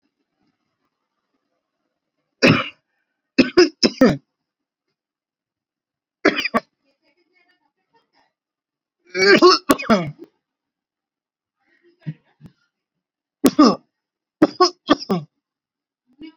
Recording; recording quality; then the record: heavy voluntary cough; excellent, no background noise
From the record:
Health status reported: recovered from COVID-19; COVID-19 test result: positive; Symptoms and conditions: fatigue, loss of smell and taste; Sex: male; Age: 34 years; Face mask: not worn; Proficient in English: yes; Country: India